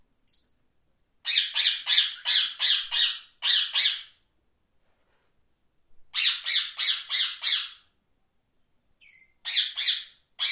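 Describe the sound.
Parrot squawks, harsh grating calls in fast series, three bouts separated by silent pauses.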